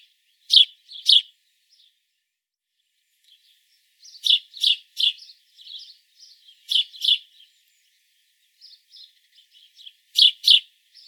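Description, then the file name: House sparrow call, sharp chirps in pairs and short groups separated by quiet gaps, with faint softer chirps in between. "Passer domesticus"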